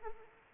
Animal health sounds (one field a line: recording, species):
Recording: mosquito wingbeat signal from an infrared sensor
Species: Anopheles arabiensis